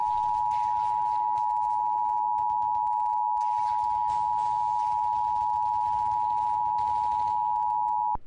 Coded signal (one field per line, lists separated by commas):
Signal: Emergency Alert System (SAME) tones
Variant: 853 and 960 Hz attention tone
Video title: EAS Scenario 3 - The King's Speech